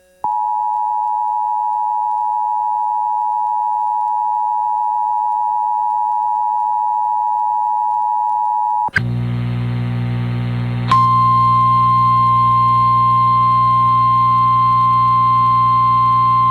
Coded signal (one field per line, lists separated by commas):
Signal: Emergency Alert System (SAME) tones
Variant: 853 and 960 Hz attention tone